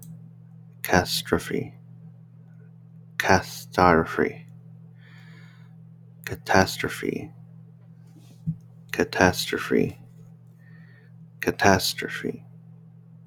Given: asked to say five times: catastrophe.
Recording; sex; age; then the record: repeated word; male; 30 to 39 years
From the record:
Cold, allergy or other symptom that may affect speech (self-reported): no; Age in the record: 32 years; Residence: Texas, United States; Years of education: 14